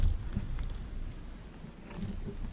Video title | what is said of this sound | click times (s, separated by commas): Traxxas latrax Teton front and rear differential ￼Maintenance￼ | 1 second. Boom, snapped in. | 0.6 s